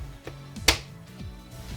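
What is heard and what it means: Plastic latches on the pedestal neck of a Samsung S95B OLED TV are closed by hand after the neck is pushed up onto the mounting pegs on the back of the TV. Two softer taps come at 0.3 s and 0.6 s, then a sharp, loud snap at 0.7 s as the latches lock shut, seating the neck in place.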